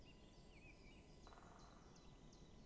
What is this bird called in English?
Great Spotted Woodpecker